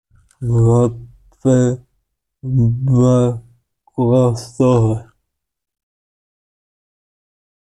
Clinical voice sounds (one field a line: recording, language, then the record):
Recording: elicited speech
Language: Bengali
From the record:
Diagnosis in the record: Broca's or global aphasia after a stroke